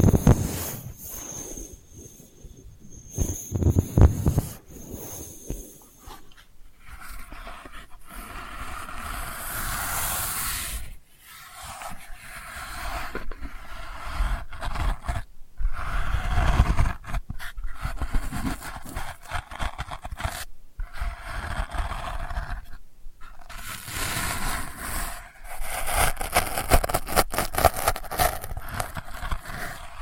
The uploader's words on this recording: ASMR Delicate Scratching for Sleep (No Talking).